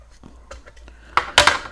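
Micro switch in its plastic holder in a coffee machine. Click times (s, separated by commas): 1.2 s, 1.4 s, 1.5 s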